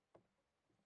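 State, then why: Not seated. A cabinet door hinge cup is pressed by hand into the drilled cup hole in the door, with its two pins going into the pilot holes. A short knock at about 0.15 s is followed by faint handling ticks near 0.7 and 0.8 s. Nothing has seated or clicked yet.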